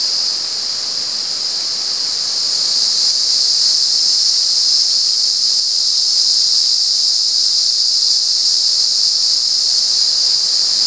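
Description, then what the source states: Cicada buzzing song, a sustained sizzling high drone, steady throughout and slightly louder after the first couple of seconds. At San Ramon.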